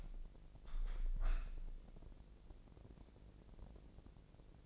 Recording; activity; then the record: daily activity, microphone in the room; open window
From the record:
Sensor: 5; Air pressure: 1012.4 hPa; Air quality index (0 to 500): 159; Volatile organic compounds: 2 ppm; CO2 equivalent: 1079 ppm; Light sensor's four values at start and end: 107/257/108/120 and 107/256/108/120